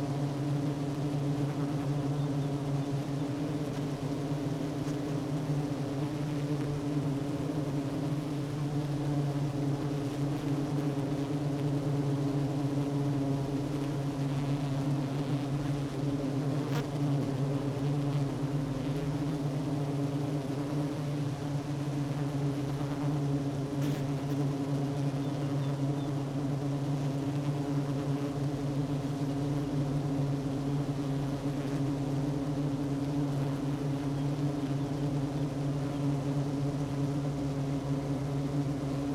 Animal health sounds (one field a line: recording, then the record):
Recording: honeybee colony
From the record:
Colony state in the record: active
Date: 12 June 2018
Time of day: 10:19